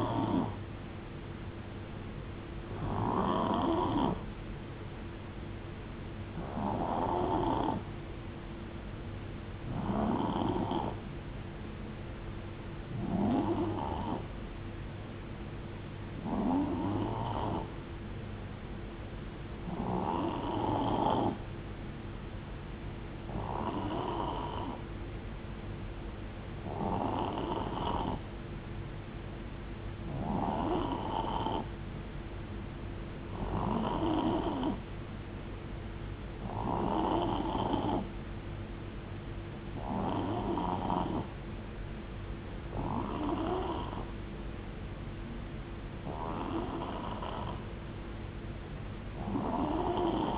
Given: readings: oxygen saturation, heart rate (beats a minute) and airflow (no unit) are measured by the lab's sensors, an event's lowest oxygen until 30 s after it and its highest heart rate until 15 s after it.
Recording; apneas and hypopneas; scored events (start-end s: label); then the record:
breathing in sleep by a voice recorder at the bedside; 1
9.00-30.30 s: hypopnea (N3, oxygen 92% highest, then 89% lowest, heart rate 72 at the start, 76 highest)
From the record:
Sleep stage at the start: N3 (deep sleep); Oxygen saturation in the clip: 89 to 92%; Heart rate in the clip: 66 to 76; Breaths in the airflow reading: 15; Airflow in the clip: -8.0 to 5.2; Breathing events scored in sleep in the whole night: 389 in 6.3 hours asleep